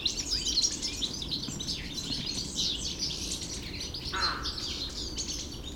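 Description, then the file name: European goldfinch song, a fast run of twittering, buzzy and tinkling notes high in pitch, with a lower falling call near the end and faint background rumble. Recorded in the Hofgarten park, Landshut, Germany, on 3 February 2015. "Stieglitz 03 02 2015 Landshut Hofgarten Susanne Rieck"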